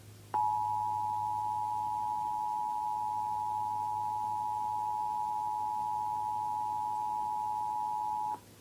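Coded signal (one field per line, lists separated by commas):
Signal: Emergency Alert System (SAME) tones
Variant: 853 and 960 Hz attention tone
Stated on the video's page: Compilation of EAS required weekly and monthly tests from radio and TV stations, one a failed test.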